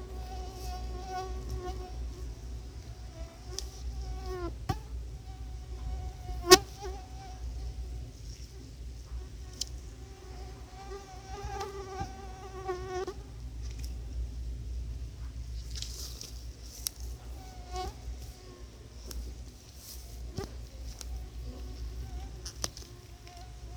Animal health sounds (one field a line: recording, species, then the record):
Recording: mosquito flight sound by mobile phone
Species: Anopheles quadrimaculatus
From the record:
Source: Auburn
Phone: Sony Xperia